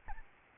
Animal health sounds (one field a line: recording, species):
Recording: mosquito wingbeat signal from an infrared sensor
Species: Aedes albopictus